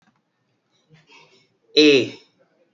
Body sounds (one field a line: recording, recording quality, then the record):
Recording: sustained vowel as in made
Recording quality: excellent, no background noise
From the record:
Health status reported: healthy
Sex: male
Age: 21 years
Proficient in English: yes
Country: India